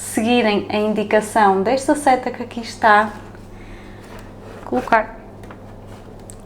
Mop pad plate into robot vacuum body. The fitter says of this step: colocarem aqui, ele vai fazer um clique e depois é só colar